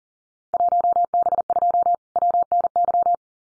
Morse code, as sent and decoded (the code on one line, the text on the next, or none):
.---- -... ..--- / .-- -. -.--
1B2 WNY